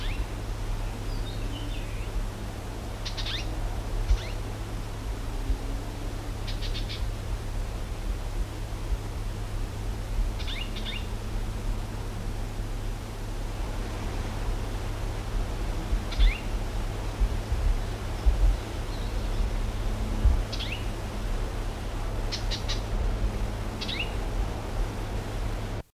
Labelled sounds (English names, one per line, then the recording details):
Icterine Warbler call
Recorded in the wild
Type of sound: call
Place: Forst Gatow, Berlin, DE
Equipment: Halbspur, 9,5 cm/s
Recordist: Lütgens, Hans
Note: Alte warnen, Forst Gatow